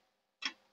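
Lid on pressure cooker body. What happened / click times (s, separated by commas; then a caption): The lid latch released and the lid unlocked / 0.5 s. A Prestige Xclusive pressure cooker lid, sitting on the cooker body, is turned to the left to unlock it. After a quiet start, a single short, bright tick sounds at 0.5 s. The lid comes free and opens.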